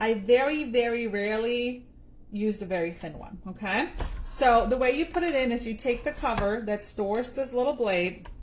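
Someone talks while handling the plastic cover that stores the thin blade, getting ready to put it back onto the blade insert of a kitchen spiralizer. Nothing has snapped or seated yet.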